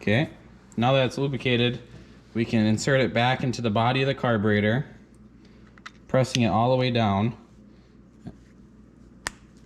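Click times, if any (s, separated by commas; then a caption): 9.3 s. Someone talks while a lubricated low-speed jet with an o-ring is pressed all the way down into the metal body of a Honda GX-series engine carburetor. After a few faint small sounds, one sharp, loud click rings out at 9.3 s as the jet seats in place.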